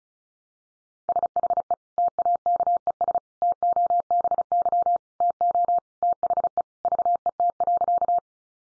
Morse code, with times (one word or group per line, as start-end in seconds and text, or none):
1.1-1.7 SHE
2.0-3.2 TAKES
3.4-5.0 TOBY
5.2-5.8 TO
6.0-6.6 THE
6.8-8.2 VET.